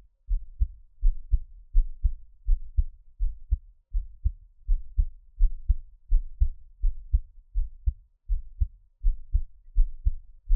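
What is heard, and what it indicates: Steady, deep, muffled heartbeat thumps of an adult heart at about 82 beats per minute, with a regular rhythm, close-miked for ASMR with no talking.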